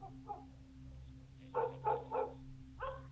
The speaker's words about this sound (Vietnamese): Con chó nhà nuôi chẳng hiểu làm sao nó cứ chõ ra chỗ cánh cổng gỗ lim mà cắn nhấm nha nhấm nhằng.